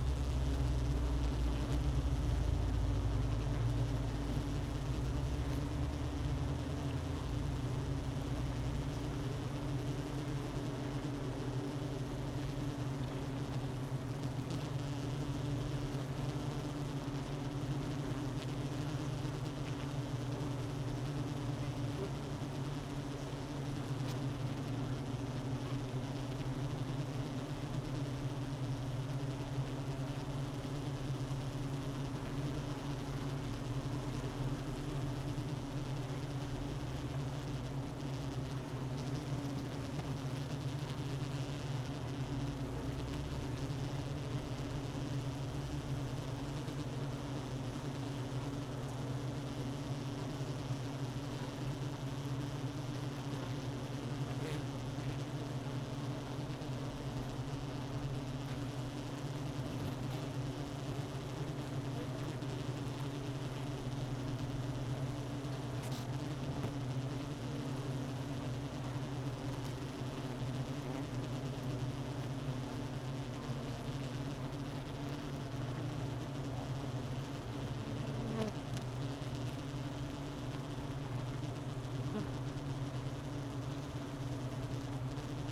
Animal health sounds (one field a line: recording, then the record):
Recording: honeybee colony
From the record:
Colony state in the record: missing queen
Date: 31 May 2018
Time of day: 11:47